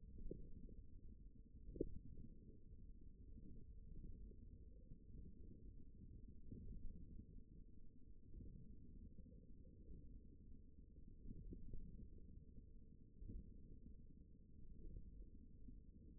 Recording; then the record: forearm muscle sounds (acoustic myography)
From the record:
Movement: ulnar deviation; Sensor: system 1, eight BSWA MPA416 microphones around the upper forearm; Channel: 1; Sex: male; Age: 54 years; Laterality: right